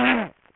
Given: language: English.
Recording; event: throat vibration sensor signal played as sound; throat clearing